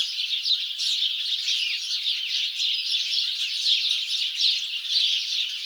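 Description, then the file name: Many house sparrows chirping at once, dense bright chirps blending into a continuous chatter with slight swells. "Passer domesticus"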